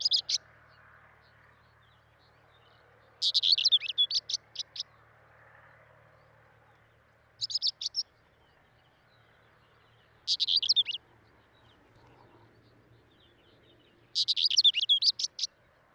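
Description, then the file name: Finsch's wheatear song: brief high, scratchy phrases of rapid notes, each separated by pauses of several seconds, with a faint low hum underneath. "Oenanthe finschii song"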